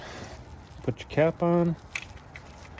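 Someone talks while handling a plastic dust cap for the centre of an idler pulley on a BMW E90/E91 N52 engine, after the idler pulley bolt has been torqued. Brief faint taps are heard near the end. The cap has not yet snapped into the pulley centre, and nothing has seated yet.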